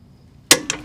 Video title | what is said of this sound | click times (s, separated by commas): Replacing MKV Jetta Rear Coil Springs | Okay. And there you heard it click. | 0.5 s